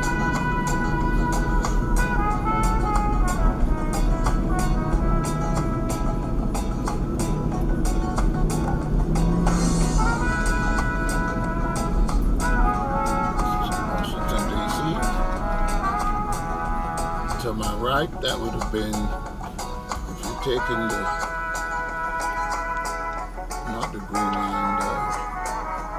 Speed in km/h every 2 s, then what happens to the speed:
44, 45, 45, 47, 45, 45, 44, 35, 27, 18, 8, 0, 0.
0-12 steady at about 45. 12-21 brakes to 0. 21-26 standing.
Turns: none.